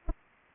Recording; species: mosquito wingbeat signal from an infrared sensor; Anopheles arabiensis